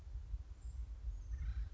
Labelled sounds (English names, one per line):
Acorn Woodpecker